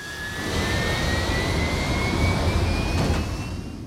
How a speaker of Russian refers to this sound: Экран радара погас, зато самолет стал вновь набирать скорость.